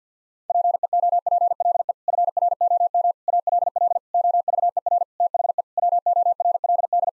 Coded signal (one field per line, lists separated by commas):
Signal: Morse code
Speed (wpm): 50 wpm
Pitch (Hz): 700 Hz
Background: none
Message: PEOPLE FROM ALL OVER THE WORLD